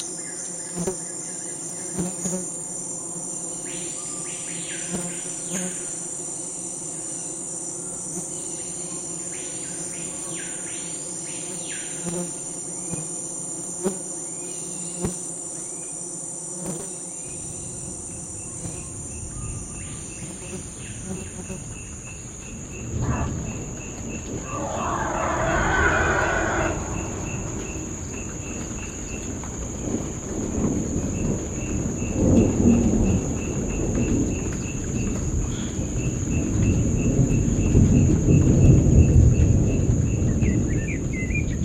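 A remote natural soundscape carries a steady, high insect or cricket drone throughout. During the first twenty seconds, chirping calls repeat at a regular rhythm. After that, low rumbling and shifting noises build up and grow louder toward the end.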